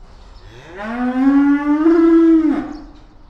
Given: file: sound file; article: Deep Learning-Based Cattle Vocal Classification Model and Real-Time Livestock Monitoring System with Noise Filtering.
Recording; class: cattle; estrus call